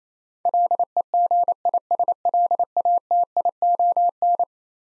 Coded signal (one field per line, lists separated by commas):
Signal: Morse code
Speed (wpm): 28 wpm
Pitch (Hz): 700 Hz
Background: none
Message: LEGISLATION